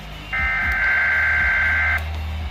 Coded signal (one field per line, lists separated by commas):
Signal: Emergency Alert System (SAME) tones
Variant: header bursts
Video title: EAS 106-128: FIRST TIME TORNADO WARNING ON MY WEATHER RADIO (+Alert Ready TORNADO WARNING)